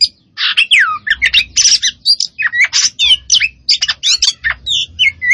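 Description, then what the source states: Oriental magpie-robin song: energetic bursts of curving whistles and harsh chattering notes following each other rapidly. Kacer poci variety, singing vigorously and continuously (gacor).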